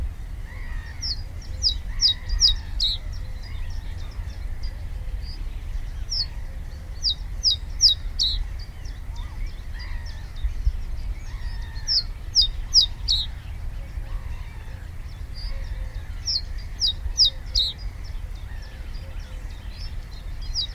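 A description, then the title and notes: A reed bunting sings its short, repetitive rattle of bright, clipped notes, a burst of about a second or two repeated roughly every five seconds. Other birds call more softly at a lower pitch in between, over a steady low rumble. The black and white headed male reed buntings are now singing from their song posts on the top of brambles or reeds. It is a repetitive tuneless rattle rather than a song.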